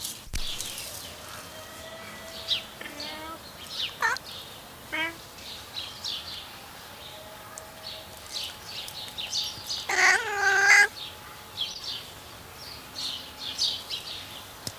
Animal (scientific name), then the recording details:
Felis silvestris. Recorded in captivity. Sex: male. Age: adult. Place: Tierpark Berlin, Berlin, DE. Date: 1983-12-24 10:52. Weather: sunny, 1-3°C, no wind. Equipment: Nagra SN, Sennheiser MKH 416 T, Kopie Uher 4000 Report Monitor. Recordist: Tembrock, Günter